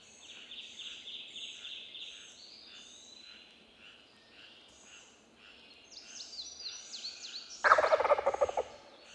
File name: Wild Turkey - Meleagris gallopavo